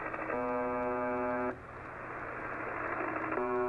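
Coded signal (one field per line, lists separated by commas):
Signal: channel marker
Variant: UVB-76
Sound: harsh low buzz for about a second, static pause, then buzz starts again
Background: radio static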